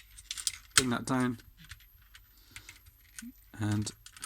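A plastic transformation piece on a GCREATION Shuraking SRK-02 Growl action figure is handled during the dinosaur-to-robot transformation as it is swung down toward its slot. Someone talks over light plastic taps and rattles. Nothing has seated or clicked into place yet.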